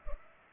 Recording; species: mosquito wingbeat signal from an infrared sensor; Culex pipiens